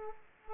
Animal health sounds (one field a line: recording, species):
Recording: mosquito wingbeat signal from an infrared sensor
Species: Aedes aegypti